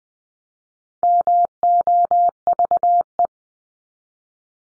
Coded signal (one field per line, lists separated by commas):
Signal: Morse code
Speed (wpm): 20 wpm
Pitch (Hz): 700 Hz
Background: none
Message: MOVE